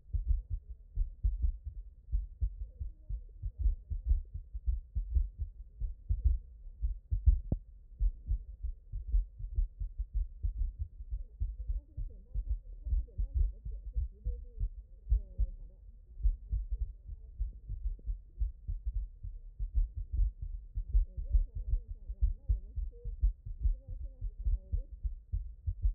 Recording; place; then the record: heart sounds by stethoscope; mitral valve (MV)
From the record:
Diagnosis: HFrEF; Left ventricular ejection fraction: 38%